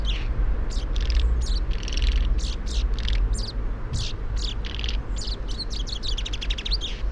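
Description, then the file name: Common chaffinch calls, brief bright chirps in quick irregular bursts, some clustered into fast trills near the end, with constant low background rumble. "Fringilla coelebs"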